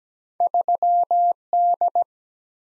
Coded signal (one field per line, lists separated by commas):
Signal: Morse code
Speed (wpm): 17 wpm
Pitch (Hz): 700 Hz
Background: none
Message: 3D